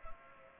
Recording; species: mosquito wingbeat signal from an infrared sensor; Culex pipiens